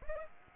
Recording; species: mosquito wingbeat signal from an infrared sensor; Aedes aegypti